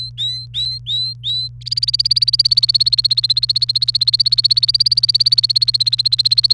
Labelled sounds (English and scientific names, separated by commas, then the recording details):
Domestic Canary (Serinus canaria) song
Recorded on 28 April 2018 at 14:45
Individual llb3